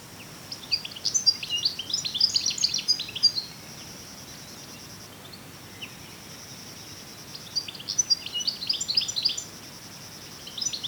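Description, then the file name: European goldfinch with bouts of fast, chattering, tinkling twitters separated by a few seconds of quiet, and a steady high hum throughout. "Carduelis carduelis"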